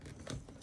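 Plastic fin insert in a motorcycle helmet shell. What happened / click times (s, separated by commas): The plastic piece popped out of its slot / 0.3 s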